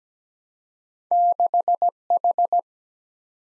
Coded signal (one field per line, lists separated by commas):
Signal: Morse code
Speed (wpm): 17 wpm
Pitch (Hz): 700 Hz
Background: none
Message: 6 H